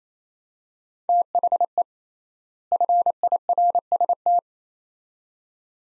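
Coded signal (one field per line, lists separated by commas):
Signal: Morse code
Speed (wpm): 28 wpm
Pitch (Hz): 700 Hz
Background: none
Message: THE FIRST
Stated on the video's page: Morse code word-pair practice at 28 wpm with 3x word spacing, a Farnsworth-like method applied to words; each pair sent in Morse, then spoken.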